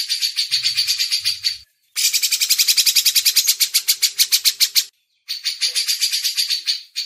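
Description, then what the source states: Grey-cheeked bulbul uttering three runs of harsh, repeated chattering notes, several per second, split by two brief gaps. Masteran training recording.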